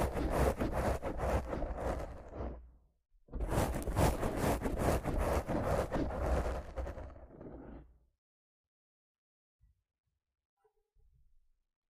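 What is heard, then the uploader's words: Rough scratching and brushing against a microphone fills the first eight seconds in two dense, grainy bursts, broken by a short gap near the three-second mark. The rubbing is full and crackly from low rumble up to hiss. Then it falls silent, with only a couple of faint soft bumps. Rough Mic Scratching & Brushing (No Talking).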